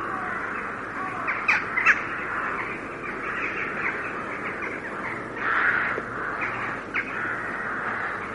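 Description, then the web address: Carrion crow giving scratchy hoarse caws in short bursts, with a few brief sharper notes mixed in. "carrion crow"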